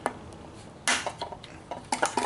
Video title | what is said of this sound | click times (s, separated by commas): Fixing a Trash Picked Mower | let's go ahead and pop that back in. You'll be able to hear an audible snap. | 0.9 s